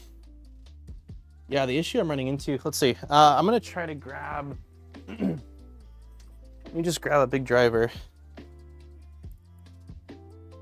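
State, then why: Seated. A bearing that was not fully seated is pushed home with a large screwdriver into the printed extruder body of an LDO Positron 3D printer. Someone talks over steady background music, with small handling taps scattered through the clip. The bearing snaps into place at 10.1 s with a sharp click.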